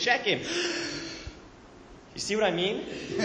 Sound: Deep Breath